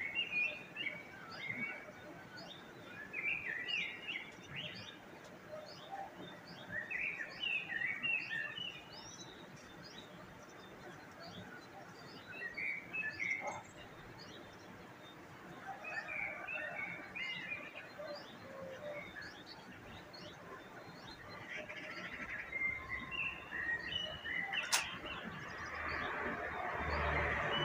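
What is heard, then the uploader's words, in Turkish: Bird sounds: many short chirps and tweets scattered throughout, clustering in busy bursts around the start, middle and near the end. A steady low rumble and hiss runs underneath, with a sharp click just before the 25-second mark. Kuş Sesleri.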